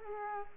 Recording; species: mosquito wingbeat signal from an infrared sensor; Culex quinquefasciatus